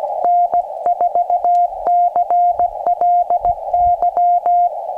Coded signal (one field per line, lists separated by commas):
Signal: Morse code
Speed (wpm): 20 wpm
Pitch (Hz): 700 Hz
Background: none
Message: N4CLY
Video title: Morse Code Homebrew Pressure Paddle for Summits on the Air